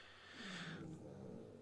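A dog snoring loudly.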